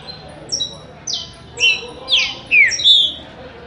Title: Canto De Trinca Ferro Voz 06. CANTO PARA ESQUENTAR SEU TRINCA FERRO